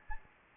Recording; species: mosquito wingbeat signal from an infrared sensor; Anopheles gambiae